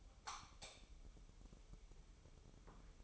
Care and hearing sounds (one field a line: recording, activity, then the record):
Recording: daily activity, microphone in the room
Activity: light off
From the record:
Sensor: 1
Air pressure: 988.4 hPa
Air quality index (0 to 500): 199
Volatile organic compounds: 1000 ppm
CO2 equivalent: 5310 ppm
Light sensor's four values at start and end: 9/27/10/12 and 8/21/8/9